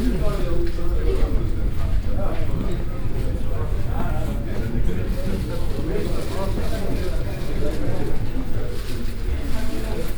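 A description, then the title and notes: A busy second-hand flea market with many voices talking over one another in a steady, dense murmur. The crowd chatter stays fairly even throughout, with a low rumble underneath and occasional brief clicks and knocks scattered across the ten seconds. Vårberg, Skärholmen, Stockholm, Suède.Loppmarknaden, Lps, record, flea market, second-hand market, vacuum-attics, noise, Binaural, Fostex FR-2LE, MS-TFB-2 microphones.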